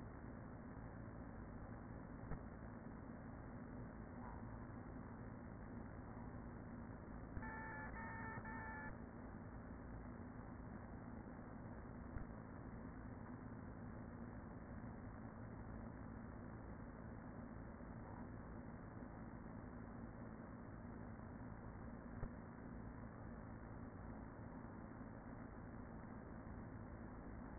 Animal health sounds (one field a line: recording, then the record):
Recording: honeybee colony, microphone inside the hive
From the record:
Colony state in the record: queen present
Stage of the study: after two queens were removed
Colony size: about 40,000 bees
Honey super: no